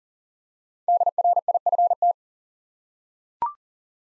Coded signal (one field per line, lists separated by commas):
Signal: Morse code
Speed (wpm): 40 wpm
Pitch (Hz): 700 Hz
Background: none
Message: DRIFT